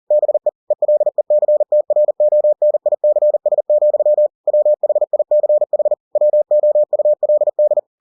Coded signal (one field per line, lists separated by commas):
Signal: Morse code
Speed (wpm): 40 wpm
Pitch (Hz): 600 Hz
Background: none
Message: BE ELECTRONICS, WHICH WOULD